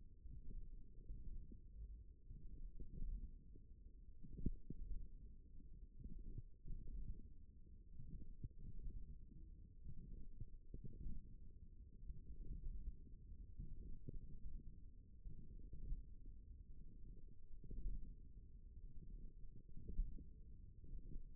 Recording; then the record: forearm muscle sounds (acoustic myography)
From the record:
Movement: hand closing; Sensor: system 1, eight BSWA MPA416 microphones around the upper forearm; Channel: 4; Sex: female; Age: 21 years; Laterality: right